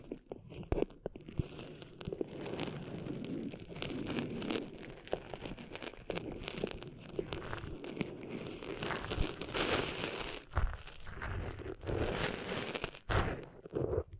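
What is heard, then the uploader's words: Sand is being cleaned out of an ear: a steady, dense scratching and rustling runs throughout, dotted with frequent sharp crackles and clicks. The rubbing is mostly low to mid in pitch, with brief lulls near ten and thirteen seconds. ASMR Cleaning Sand Out of Your Ears (No Talking).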